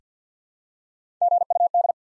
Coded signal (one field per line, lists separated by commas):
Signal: Morse code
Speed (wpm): 45 wpm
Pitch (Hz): 700 Hz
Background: none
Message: GUD